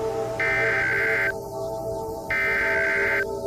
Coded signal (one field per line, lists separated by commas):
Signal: Emergency Alert System (SAME) tones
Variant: header bursts